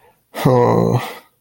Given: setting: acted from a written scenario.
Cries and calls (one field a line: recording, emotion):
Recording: vocal sound without words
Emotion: shame